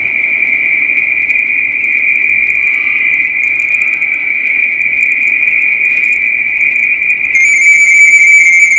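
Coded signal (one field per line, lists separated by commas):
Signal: RTTY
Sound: rapid warbling between two close high tones over hiss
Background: radio static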